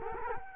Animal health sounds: mosquito wingbeat signal from an infrared sensor; Culex quinquefasciatus

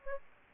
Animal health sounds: mosquito wingbeat signal from an infrared sensor; Aedes aegypti

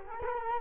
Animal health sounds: mosquito wingbeat signal from an infrared sensor; Culex quinquefasciatus

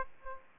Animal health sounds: mosquito wingbeat signal from an infrared sensor; Aedes aegypti

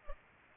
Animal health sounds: mosquito wingbeat signal from an infrared sensor; Culex pipiens

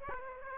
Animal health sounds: mosquito wingbeat signal from an infrared sensor; Aedes aegypti

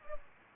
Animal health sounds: mosquito wingbeat signal from an infrared sensor; Culex pipiens

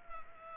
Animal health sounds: mosquito wingbeat signal from an infrared sensor; Culex pipiens

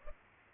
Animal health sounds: mosquito wingbeat signal from an infrared sensor; Culex pipiens

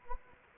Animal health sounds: mosquito wingbeat signal from an infrared sensor; Anopheles gambiae

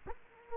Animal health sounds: mosquito wingbeat signal from an infrared sensor; Culex quinquefasciatus

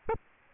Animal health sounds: mosquito wingbeat signal from an infrared sensor; Aedes albopictus

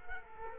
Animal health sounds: mosquito wingbeat signal from an infrared sensor; Culex quinquefasciatus

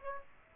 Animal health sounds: mosquito wingbeat signal from an infrared sensor; Aedes aegypti

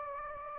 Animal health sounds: mosquito wingbeat signal from an infrared sensor; Anopheles gambiae

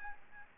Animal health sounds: mosquito wingbeat signal from an infrared sensor; Aedes albopictus

